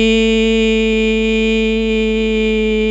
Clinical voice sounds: sustained vowel /i/; female; 60 to 69 years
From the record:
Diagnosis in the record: healthy control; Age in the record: 65 years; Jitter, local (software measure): 0.33%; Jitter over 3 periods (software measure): 0.21%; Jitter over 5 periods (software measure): 0.23%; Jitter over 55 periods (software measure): 0.33%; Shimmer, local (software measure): 4.3%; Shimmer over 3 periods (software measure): 2.1%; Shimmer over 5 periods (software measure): 3.4%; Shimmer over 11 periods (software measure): 3.0%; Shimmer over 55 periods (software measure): 3.9%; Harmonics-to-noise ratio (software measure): 16.7 dB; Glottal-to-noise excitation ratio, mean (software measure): 0.98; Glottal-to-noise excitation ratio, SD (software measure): 0.008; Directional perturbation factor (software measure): 73.2%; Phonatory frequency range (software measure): 0.07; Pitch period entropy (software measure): 0.86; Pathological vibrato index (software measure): 0.26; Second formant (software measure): 2471 Hz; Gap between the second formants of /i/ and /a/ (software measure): 1549 Hz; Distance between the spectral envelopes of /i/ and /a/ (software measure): 10.9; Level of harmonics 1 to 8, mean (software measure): -3.2, -3.0, -24.4, -29.1, -33.8, -36.2, -37.5, -34.3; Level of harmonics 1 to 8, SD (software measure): 1.2, 0.9, 2.0, 0.6, 1.6, 1.1, 1.9, 1.9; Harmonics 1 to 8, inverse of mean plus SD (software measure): 0.228, 0.255, 0.038, 0.034, 0.028, 0.027, 0.025, 0.028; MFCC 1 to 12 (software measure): -7.3, 14.8, -7.4, -13.8, 0.3, -9.9, 1.9, 5.5, -0.5, 0.4, -8.5, -9.0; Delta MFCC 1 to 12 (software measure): 0.010, -0.003, 0.002, -0.002, 0.008, 0.005, -0.004, 0.007, 0.013, 0.008, 0.003, -0.014

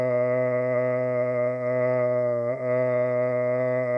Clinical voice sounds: sustained vowel /a/; male; 50 to 59 years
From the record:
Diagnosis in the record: amyotrophic lateral sclerosis, spinal onset 58 months earlier, bulbar signs present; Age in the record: 57 years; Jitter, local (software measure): 0.43%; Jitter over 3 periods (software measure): 0.20%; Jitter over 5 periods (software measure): 0.26%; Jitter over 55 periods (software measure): 0.89%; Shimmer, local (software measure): 4.4%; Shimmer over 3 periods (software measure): 1.9%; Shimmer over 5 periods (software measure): 2.6%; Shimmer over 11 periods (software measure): 4.6%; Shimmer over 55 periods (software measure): 10.3%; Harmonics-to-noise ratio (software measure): 11.2 dB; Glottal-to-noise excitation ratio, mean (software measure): 0.91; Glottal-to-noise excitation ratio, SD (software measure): 0.026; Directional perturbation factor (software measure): 64.9%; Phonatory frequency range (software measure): 0.17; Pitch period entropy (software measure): 1.02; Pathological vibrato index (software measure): 0.54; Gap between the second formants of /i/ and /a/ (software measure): 930 Hz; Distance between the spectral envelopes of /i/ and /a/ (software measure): 11.1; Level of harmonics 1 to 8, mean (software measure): -14.2, -15.7, -18.2, -9.6, -3.0, -28.5, -27.2, -32.0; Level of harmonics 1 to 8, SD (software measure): 1.6, 2.4, 2.1, 3.0, 2.2, 3.5, 3.2, 3.4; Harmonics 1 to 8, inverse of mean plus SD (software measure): 0.064, 0.055, 0.049, 0.080, 0.190, 0.031, 0.033, 0.028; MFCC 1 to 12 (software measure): 4.7, -14.5, 3.4, -18.6, 2.5, 8.4, -2.2, 12.0, -16.4, -12.4, 1.0, 3.3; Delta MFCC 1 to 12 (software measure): 0.002, -0.014, 0.019, -0.016, 0.003, -0.001, 0.000, 0.014, -0.019, 0.006, -0.005, 0.009

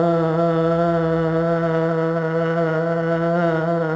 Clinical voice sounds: sustained vowel /a/; female; 60 to 69 years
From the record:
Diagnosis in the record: amyotrophic lateral sclerosis, bulbar onset 20 months earlier, bulbar signs present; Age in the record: 63 years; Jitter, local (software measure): 0.50%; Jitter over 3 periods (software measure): 0.25%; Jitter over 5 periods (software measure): 0.31%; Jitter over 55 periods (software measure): 1.23%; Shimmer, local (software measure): 6.6%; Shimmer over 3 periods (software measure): 2.8%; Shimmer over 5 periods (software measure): 4.3%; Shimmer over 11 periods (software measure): 7.4%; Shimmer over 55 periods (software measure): 11.3%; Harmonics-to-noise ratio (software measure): 12.5 dB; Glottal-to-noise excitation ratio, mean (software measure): 0.90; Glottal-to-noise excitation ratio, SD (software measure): 0.031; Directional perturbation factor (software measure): 68.1%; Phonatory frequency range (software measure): 0.17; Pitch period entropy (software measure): 1.43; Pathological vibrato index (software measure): 0.65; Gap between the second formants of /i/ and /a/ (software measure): 2129 Hz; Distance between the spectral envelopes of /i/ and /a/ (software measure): 7.3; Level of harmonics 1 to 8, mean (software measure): -4.4, -8.7, -4.3, -8.0, -22.7, -19.7, -22.0, -16.1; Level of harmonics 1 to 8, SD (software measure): 1.1, 2.8, 2.1, 5.0, 4.9, 2.1, 2.5, 3.2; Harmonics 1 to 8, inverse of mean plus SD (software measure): 0.183, 0.087, 0.155, 0.077, 0.036, 0.046, 0.041, 0.052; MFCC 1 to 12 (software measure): 0.4, -8.4, -5.3, -3.1, -13.9, 3.1, 1.6, -6.8, -7.8, -11.1, -2.0, -7.0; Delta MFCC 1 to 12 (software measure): 0.000, -0.001, 0.010, 0.005, 0.007, 0.006, -0.005, 0.006, 0.003, -0.007, -0.005, -0.015

